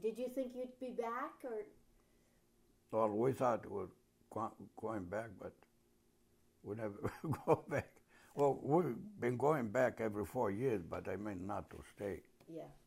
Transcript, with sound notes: Did you think you'd be back or —
Well, we thought we were going back, but we never go back. [Chuckles] Well, we been going back every four years, but I mean not to stay.
Yeah.